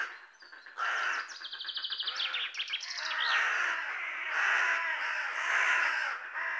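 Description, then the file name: Carrion Crow giving several harsh, hoarse caws, with quick stuttering notes from another bird. "Corvus corone"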